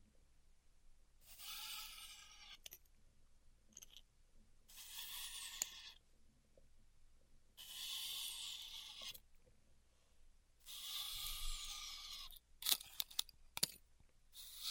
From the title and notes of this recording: ASMR Styrofoam Heat Cutting (No Talking).